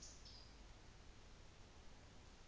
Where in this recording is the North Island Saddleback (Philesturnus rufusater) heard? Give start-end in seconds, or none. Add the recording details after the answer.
none. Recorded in New Zealand on 24 December 2018. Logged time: 17:00